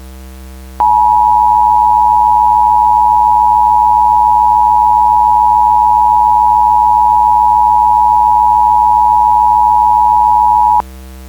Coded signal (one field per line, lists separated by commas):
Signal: Emergency Alert System (SAME) tones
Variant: 853 and 960 Hz attention tone